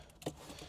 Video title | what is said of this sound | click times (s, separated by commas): Bigger Tires on your Bronco? - How to Install the Hypertech Speedometer Calibrator. | um it's gonna plug in there make sure you hear the click | 0.2 s